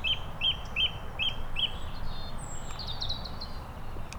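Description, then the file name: Song thrush song: a short sweet note repeated five times, followed by a thin whistle and a few high scratchy notes, with low rumbling noise beneath. Recorded at Saint-Pierre-Quiberon on 7 April 2017. "Turdus-philomelos Saint-Pierre-Quiberon 20170407"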